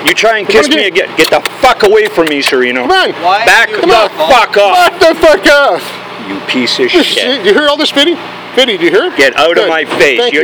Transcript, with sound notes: You try and kiss me again…yeah, get the fuck away from me Cerino.
C’mon. C’mon.
Back the fuck off!
{mocking} Back the fuck off!
You piece of shit.
You hear all this Viddie? Do you hear?
Get out of my face.